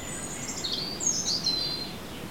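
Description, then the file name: European robin giving a very high, sweet warbling phrase of gliding whistles and brief twittering notes, with a continuous hiss of noise underneath. "Erithacus rubecula"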